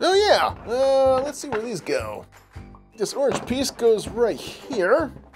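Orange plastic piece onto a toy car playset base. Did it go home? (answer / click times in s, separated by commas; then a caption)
no / none. Someone talks while handling an orange plastic piece, about to press it onto the base of a 2019 Toy Story 4 Hot Wheels Buzz Lightyear Carnival Car Rescue Playset. No distinct impact is heard, only voice and faint handling sounds. The piece has not seated or clicked into place yet.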